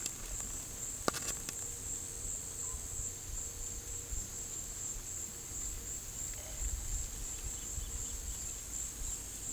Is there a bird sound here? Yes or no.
no